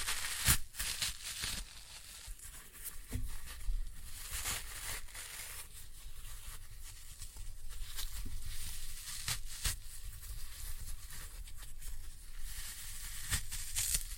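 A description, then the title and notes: Floral foam is crushed in a steady run of dry, crumbly crackling that fills the whole clip with bright, gritty texture. Sharper snaps and crunches break through irregularly, notably near 0.5, 3, 4.5, 8, 9.5 and 13 seconds, over a low, soft rumble. Floral Foam Glitter Bomb Crushing.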